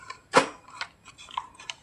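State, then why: Not seated. The lever part of a Kenwood toaster that will not turn on is pushed with a screwdriver toward its small plastic locking hook. A loud scraping burst near 0.4 s is followed by a few short, sharp plastic ticks and scrapes. The lever has not clicked into the hook yet.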